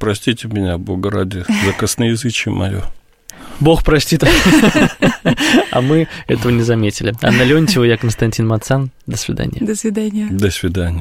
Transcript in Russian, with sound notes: Простите меня, Бога ради, за косноязычие моё.
— Бог простит. (Смеётся.) А мы этого не заметили. Анна Леонтьева, я — Константин Мацан. До свидания.
— До свидания.
— До свидания.